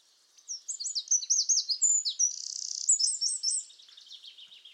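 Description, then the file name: Eurasian wren pouring out a fast, shrill warbling song of varied notes with a rapid rattling trill midway, continuing to the end. "Troglodytes troglodytes"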